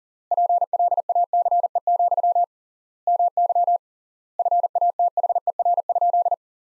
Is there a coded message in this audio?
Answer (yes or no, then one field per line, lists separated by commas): yes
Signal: Morse code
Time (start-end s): 0.3-6.3 s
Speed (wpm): 40 wpm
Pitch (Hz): 700 Hz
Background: none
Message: PLACE, MY FATHER?